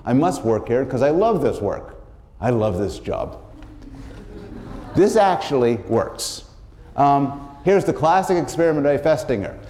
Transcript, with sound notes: I must work here because I love this work, I love this job.” [laughter] This actually works. Here is the classic experiment by Festinger.